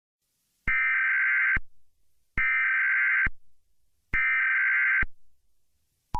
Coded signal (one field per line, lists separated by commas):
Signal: Emergency Alert System (SAME) tones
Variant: header bursts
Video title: EAS Scenario - The Bear5 Massacre